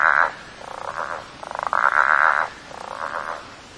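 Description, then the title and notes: Southern bell frogs giving rasping, growling croaks, a stuttering series building into a longer drawn-out growl, then another shorter burst. Frogs calling at 8.35pm on 23 November 2008 at Lily Lake. "Frog recording 23.11.08 Southern Bell frog. This recording was taken at 8.35pm on 23rd November 2008. Location: Lily Lake In this recording you can hear Southen Bell frogs (Litoria raniformis) calling"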